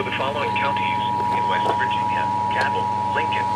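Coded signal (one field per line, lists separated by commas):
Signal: Emergency Alert System (SAME) tones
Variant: 853 and 960 Hz attention tone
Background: speech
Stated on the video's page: Flash flood warning relayed on NOAA Weather Radio transmitter and several broadcast stations.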